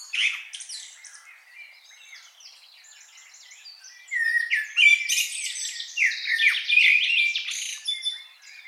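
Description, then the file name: Common blackbird twittering song, a quiet start building after four seconds into loud, rapid high chirps, slurred whistles and short trills. "Turdus merula"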